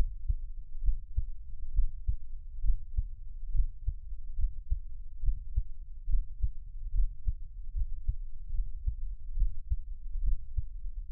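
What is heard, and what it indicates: Steady, muffled low thumps of an adult's own heartbeat at about 70 beats a minute, heard close-up as Taiwanese ASMR, with no talking.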